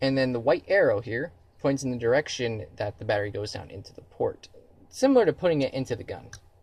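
An airsoft battery pack for a CYMA CM.126 M92F M9 AEP is being handled and pushed down into its charger port, following a white arrow, the same way it goes into the gun. Someone talks throughout, and nothing has seated or clicked yet by the end of the clip.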